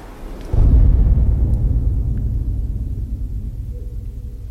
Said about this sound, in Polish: A my teraz, jak słychać, weszliśmy do komory pogłosowej. Zamknę drzwi. Posłuchajcie, jaki długi jest tutaj pogłos. Uwaga.